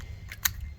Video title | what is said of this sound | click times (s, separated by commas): Adams premium foam cannon with adams mega foam demo with Ryobi 1800psi electric pressure washer | Make sure you hear that snap. | 0.5 s